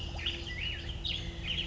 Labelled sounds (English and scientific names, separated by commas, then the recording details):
Black-headed Grosbeak (Pheucticus melanocephalus)
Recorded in Sonoma County, California